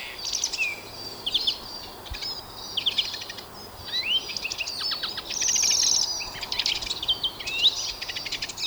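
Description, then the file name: European greenfinch twittering song with scattered trills and a long buzzy note midway, over faint noise. "Chloris chloris"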